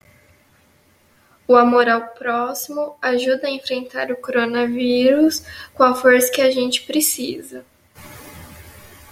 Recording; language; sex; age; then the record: spoken sentence; Brazilian Portuguese; female; 20 to 29 years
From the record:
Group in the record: control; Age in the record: 23 years